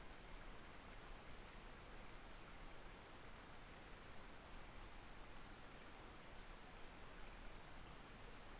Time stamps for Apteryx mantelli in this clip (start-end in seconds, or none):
none